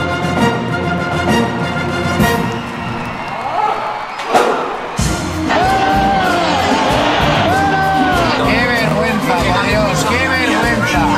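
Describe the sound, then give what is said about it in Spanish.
Several people shout and yell loudly at once at the opening of the show Trastorno Tripolar, a dense, raucous clamor of overlapping voices that barely lets up, broken only by a brief dip and a dull thump midway. “Volumen, ¿por qué gritan tanto?”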